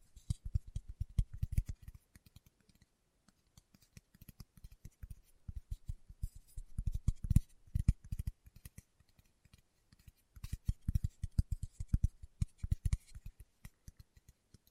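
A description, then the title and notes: Fingertips tap rapidly on a hard surface. Bursts of quick, dull taps with a little crisp click come in uneven flurries, with brief pauses near two, four and ten seconds. ASMR Tapping with Fingertips (No Talking).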